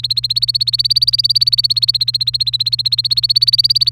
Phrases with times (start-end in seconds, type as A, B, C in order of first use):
0.00-3.92 A